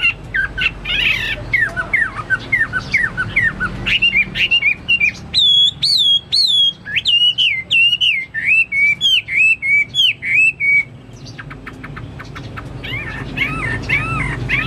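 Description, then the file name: Chinese hwamei singing a long, varied song of rich whistles and looping slurred notes, then quieter whistled notes after a brief drop. "omkicau hwamei"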